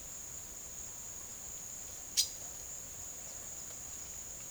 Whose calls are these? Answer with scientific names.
Ramphocelus carbo